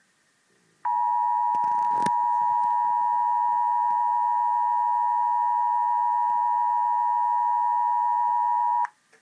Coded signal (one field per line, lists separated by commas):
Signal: Emergency Alert System (SAME) tones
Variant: 853 and 960 Hz attention tone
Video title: EAS 638 SMW NWS Wakefield